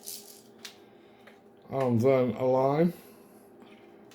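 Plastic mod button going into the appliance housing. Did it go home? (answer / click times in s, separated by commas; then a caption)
no / none. A plastic mod button for an Eco Pro 2 is handled before going into the appliance housing: the wire is pushed through the button's top hole and the button is lined up, before it is pushed home. Short rattles and handling taps are heard around 0.1, 0.7, 1.3 and 3.6 s, and someone talks from about 1.7 to 2.9 s. The button has not clicked or seated yet.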